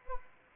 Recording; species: mosquito wingbeat signal from an infrared sensor; Anopheles arabiensis